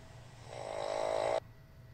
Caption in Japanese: うちの奥さんがですね、やっぱりかなりいびきをかいていると。 一瞬しか止まらないと。